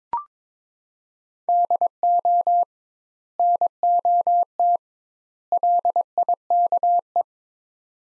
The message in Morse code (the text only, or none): DO NOT LIKE